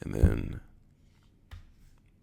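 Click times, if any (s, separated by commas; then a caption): none. A leather MagSafe case for an iPhone 12 Pro Max is being lined up and handled against the phone while someone talks briefly at the start. A short faint tap of handling follows around 1.5 s, but the case has not yet been pressed home and nothing has clicked into place.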